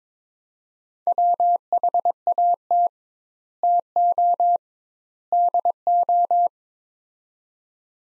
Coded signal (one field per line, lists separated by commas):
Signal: Morse code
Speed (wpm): 22 wpm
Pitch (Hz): 700 Hz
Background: none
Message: WHAT TO DO